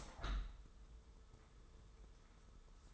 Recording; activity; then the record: daily activity, microphone in the room; open window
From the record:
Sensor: 3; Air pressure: 995.7 hPa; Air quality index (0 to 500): 96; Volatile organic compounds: 13 ppm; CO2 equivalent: 2410 ppm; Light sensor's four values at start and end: 27/82/35/30 and 28/83/35/30